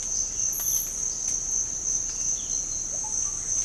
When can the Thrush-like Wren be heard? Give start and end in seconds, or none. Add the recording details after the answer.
none. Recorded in pastures near Puerto Asís, Putumayo, Colombia, on 26 December 2024 at 06:00. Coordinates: 0.496, -76.326. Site G004